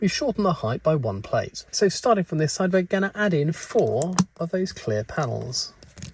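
Someone talks while handling transparent plastic toy-brick panels, about to press them onto the studs of a brick baseplate sign base for a Twin Pines sign in a Lego Back to the Future display (77256). Two faint, short ticks come near 6.0 s at the very end. No panel has seated or clicked into place yet.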